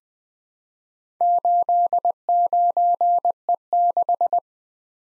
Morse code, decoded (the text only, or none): 89E6